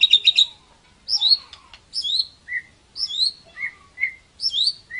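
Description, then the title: White-rumped shama singing short chirped and whistled notes in brief repeated phrases, high notes followed by lower whistles. Tutor song meant for training caged songbirds. "Masteran Murai Batu"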